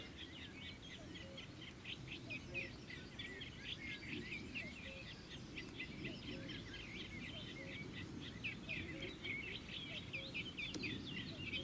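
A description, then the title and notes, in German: Birds call and chirp almost without pause, many short bright notes overlapping in a busy chorus. Underneath runs a steady low rumble with a murmur like faint voices, and a single sharp click stands out near the eleventh second. Danach kamen die üblichen Vögel.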